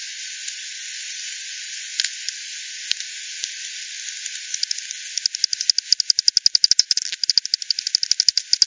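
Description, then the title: Bat echolocation calls, a few isolated clicks, then a rapid train of sharp ticks from just past halfway. "WW bat 20201007 T 18 : 10 Z-Hogsmill-Lane-Hogsmill-River-multiple-bats-FD 10-bandpass-1500-to-7500 Hz"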